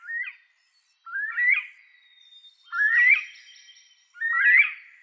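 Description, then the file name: Northern bobwhite song, four whistled phrases each climbing steeply upward, with pauses between them and a faint high steady tone behind. "canto da perdiz da virginia"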